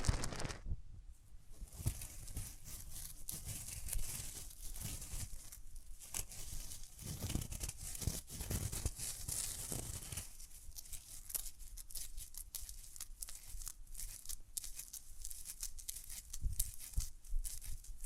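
Hands rub close up against the microphone like rubbing someone's ears, making a continuous scratchy, crinkly rustle that swells and eases in quick strokes. Soft low thumps and brushes come in between the bright friction sounds, and no voice is heard.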